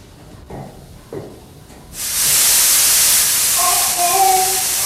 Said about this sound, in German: Mein Gott, ein Dampfrohr ist geplatzt.